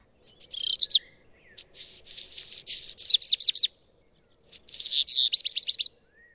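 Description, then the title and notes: Black Redstart singing several phrases mixing whistled and scratchy, crackling notes, ending in runs of quick, clipped notes. Common insect-eating garden bird with a wagging rust-red tail; may nest two or even three times in a breeding season. "Házi rozsdafarkú (Phoenicurus ochruros). Halmos Gergő. Szerkesztő: Pozsgai Nóra"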